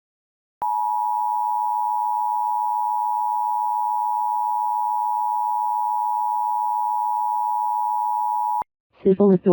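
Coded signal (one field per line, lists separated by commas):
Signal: Emergency Alert System (SAME) tones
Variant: 853 and 960 Hz attention tone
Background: speech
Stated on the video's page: Fictional EAS scenario, a simulated alert that contains valid SAME tones.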